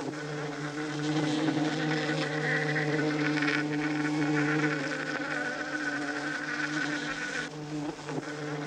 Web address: znane owady pszczoly dzwiek